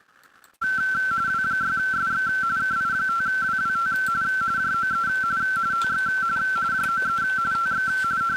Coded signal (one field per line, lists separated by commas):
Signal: RTTY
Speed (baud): 45.45 baud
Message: W6SX KI5WWT JOE TX JOE TX